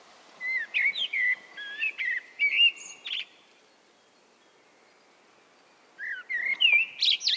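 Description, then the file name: Common blackbird song: a run of varied fluty whistles, a pause of about three seconds, then another phrase rising into a thin high twitter, with soft background hiss. "Turdus merula"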